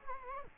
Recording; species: mosquito wingbeat signal from an infrared sensor; Culex quinquefasciatus